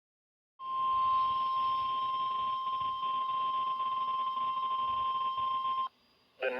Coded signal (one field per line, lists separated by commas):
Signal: Emergency Alert System (SAME) tones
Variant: 1050 Hz attention tone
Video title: EAS ALERTS ON 3/30 AND 31/2025